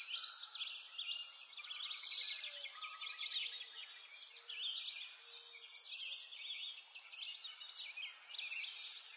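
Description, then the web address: Birds singing in a dense chorus of high chirps and quick sweeping notes that overlap without pause, with a brief low steady whistle partway through. Forest ambience. "Lynne Music Nature-Ambience-Birds-In-A-Forest"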